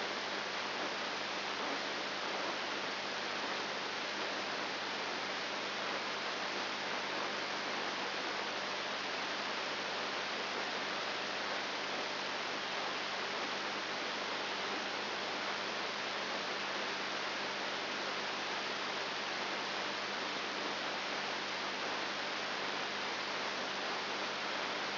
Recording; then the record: brain microelectrode recording played as sound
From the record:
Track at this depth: inside the subthalamic nucleus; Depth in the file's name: 2.503 mm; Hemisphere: left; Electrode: 3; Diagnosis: Parkinson's disease